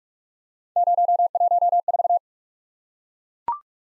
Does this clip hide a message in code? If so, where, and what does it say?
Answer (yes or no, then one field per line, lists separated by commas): yes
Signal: Morse code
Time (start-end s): 0.8-2.2 s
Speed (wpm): 44 wpm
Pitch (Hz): 700 Hz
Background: none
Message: 014